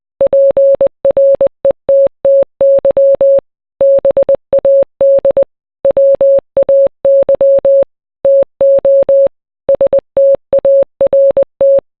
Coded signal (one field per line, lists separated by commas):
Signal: Morse code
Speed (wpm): 20 wpm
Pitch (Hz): 550 Hz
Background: none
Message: PRETTY BAD WAY TO START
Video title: Kanye West - Power (MORSE CODE VERSION)